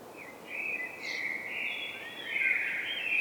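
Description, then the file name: Common blackbird giving a continuous run of smooth, fluty whistled notes that shift slightly in pitch, over faint background hiss. "Turdus merula"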